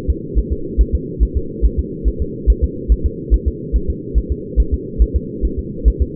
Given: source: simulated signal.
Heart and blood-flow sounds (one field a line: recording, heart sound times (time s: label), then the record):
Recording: fetal heart sounds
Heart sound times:
0.10 s: S2
0.39 s: S1
0.52 s: S2
0.81 s: S1
0.95 s: S2
1.23 s: S1
1.37 s: S2
1.65 s: S1
1.79 s: S2
2.08 s: S1
2.22 s: S2
2.50 s: S1
2.64 s: S2
2.92 s: S1
3.06 s: S2
3.34 s: S1
3.48 s: S2
3.76 s: S1
3.90 s: S2
4.18 s: S1
4.32 s: S2
4.60 s: S1
4.74 s: S2
5.02 s: S1
5.16 s: S2
5.45 s: S1
5.59 s: S2
5.88 s: S1
6.02 s: S2
From the record:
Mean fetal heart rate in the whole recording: 140 bpm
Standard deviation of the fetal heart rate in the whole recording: 2 bpm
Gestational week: 34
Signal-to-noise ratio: -4.3 dB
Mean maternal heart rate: 72 bpm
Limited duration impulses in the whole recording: present